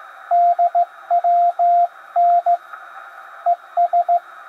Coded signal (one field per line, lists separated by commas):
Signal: Morse code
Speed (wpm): 15 wpm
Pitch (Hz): 700 Hz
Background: radio noise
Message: DWN ES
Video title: WINTER Field Day WFD test ~ yAesu 891 - MFJ-971 manual tuner